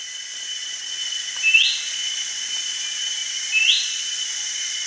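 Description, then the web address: Ferruginous babbler calls, two short whistled notes rising sharply, about two seconds apart, over a steady high insect hiss. Recorded at Danum on 1 January 2008. "DANUM 20080101. ferruginous babbler"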